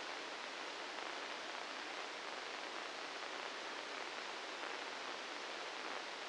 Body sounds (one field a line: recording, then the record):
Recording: brain microelectrode recording played as sound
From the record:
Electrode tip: inside the subthalamic nucleus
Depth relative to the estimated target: -1 mm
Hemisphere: left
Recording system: NeuroSet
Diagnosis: Parkinson's disease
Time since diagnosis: 9 years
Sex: male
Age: 61 years